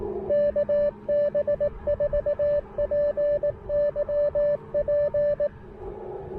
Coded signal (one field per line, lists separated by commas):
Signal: Morse code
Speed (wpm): 19 wpm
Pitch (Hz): 590 Hz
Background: none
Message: KB4PYP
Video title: Pairing the Icom IC-705 & Elecraft AX1: POTA Portable on the Pamlico Sound!